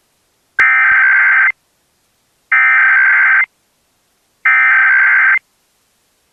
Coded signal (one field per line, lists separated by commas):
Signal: Emergency Alert System (SAME) tones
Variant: header bursts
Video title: NPT | EAS #860